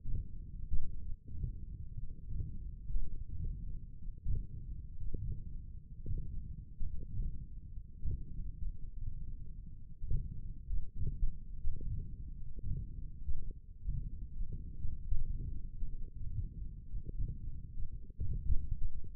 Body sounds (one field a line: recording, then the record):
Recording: forearm muscle sounds (acoustic myography)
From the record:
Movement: hand opening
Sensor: system 1, eight BSWA MPA416 microphones around the upper forearm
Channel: 1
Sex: male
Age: 21 years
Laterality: right